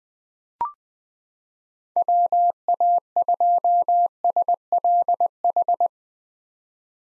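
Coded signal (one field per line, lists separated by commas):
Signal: Morse code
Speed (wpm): 20 wpm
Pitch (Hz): 700 Hz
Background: none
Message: WA2SLH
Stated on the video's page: Most common 2023 POTA hunter call signs sent at 20 wpm for head-copy drill, each sent, spoken, then sent again.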